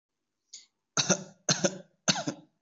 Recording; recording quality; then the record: shallow voluntary cough; excellent, no background noise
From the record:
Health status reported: COVID-19 positive, mild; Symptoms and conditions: cough, cold, diabetes, ischaemic heart disease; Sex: female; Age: 52 years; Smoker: not ticked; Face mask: not worn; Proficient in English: no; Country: India